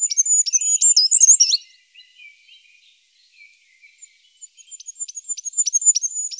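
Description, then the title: Goldcrest song opening on a tinkling, high-pitched end flourish. Faint lower twitters follow, then a new run of thin, rapidly repeated notes begins. Recorded in Germany, Austria or Switzerland. "Wintergoldhähnchen"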